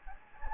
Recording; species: mosquito wingbeat signal from an infrared sensor; Anopheles gambiae